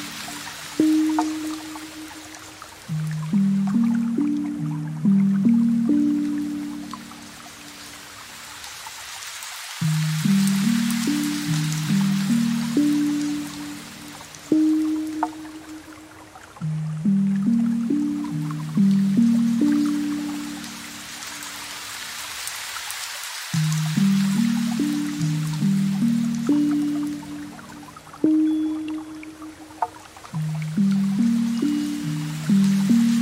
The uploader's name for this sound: gentle rain, soft piano, and forest sounds